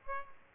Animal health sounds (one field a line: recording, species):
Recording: mosquito wingbeat signal from an infrared sensor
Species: Aedes aegypti